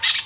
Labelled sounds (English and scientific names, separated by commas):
Brown-throated Parakeet (Eupsittula pertinax) contact call